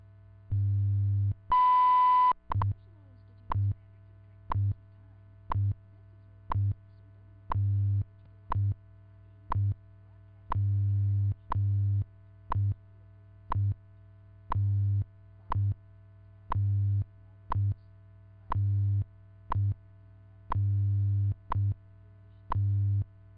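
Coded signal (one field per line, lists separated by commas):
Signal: radio time signal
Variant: WWV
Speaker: National Institute of Standards and Technology time this is radio station WWV Fort cullins Colorado broadcasting on internationally allocated standard carrier frequencies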